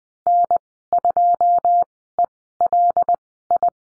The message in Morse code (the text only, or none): N2ELI